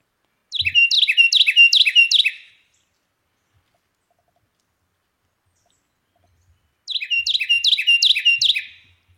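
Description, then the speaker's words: Carolina Wren singing loud, ringing phrases: a rapid series of several repeated rolling notes, then silence, then the same phrase repeated once more. Recording courtesy of Cornell University played on air; described as a very loud broadcast. "And so I think we've got the beautiful sound of the Carolina wren, courtesy of Jacob and Cornell University."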